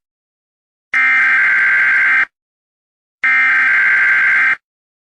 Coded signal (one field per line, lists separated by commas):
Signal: Emergency Alert System (SAME) tones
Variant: header bursts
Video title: EMERGENCY ALERT SYSTEM